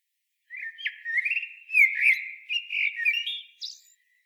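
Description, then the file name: Common blackbird delivering one continuous warbling song phrase of rich, varied fluty whistles, broken by brief higher squeaks and closing with a thin, high note. "Turdus merula"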